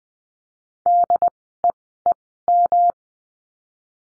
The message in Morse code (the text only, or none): DEEM